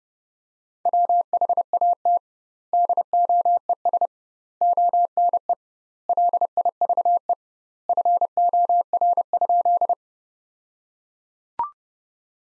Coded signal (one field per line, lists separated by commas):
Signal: Morse code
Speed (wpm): 30 wpm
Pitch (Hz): 700 Hz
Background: none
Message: WHAT DOES ONE LIVE FOR?